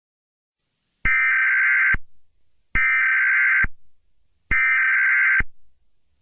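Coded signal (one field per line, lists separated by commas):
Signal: Emergency Alert System (SAME) tones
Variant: header bursts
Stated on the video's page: Simulated EAS scenario, fictional black hole alert.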